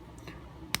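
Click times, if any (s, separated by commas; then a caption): 0.8 s. The plastic arm of a transforming action figure is pulled free from a small clip that plugs onto a post during transformation. Faint small ticks come before a sharp, bright snap at 0.8 s as the arm unclips and comes off the post.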